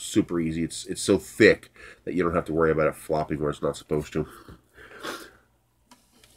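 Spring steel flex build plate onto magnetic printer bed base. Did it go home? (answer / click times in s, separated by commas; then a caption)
no / none. A spring steel flex build plate is handled and tilted to line up its rear edge on a magnetic printer bed base while someone talks. Near the end, two faint contact hits sound at 5.9 s and 6.2 s. Nothing has seated or clicked yet.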